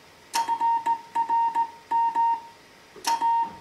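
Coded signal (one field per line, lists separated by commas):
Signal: Morse code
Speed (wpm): 17 wpm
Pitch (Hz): 920 Hz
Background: music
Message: FRM A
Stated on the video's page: Slow-speed CW contact sent with a straight key on a restored Heathkit HW-101 transceiver.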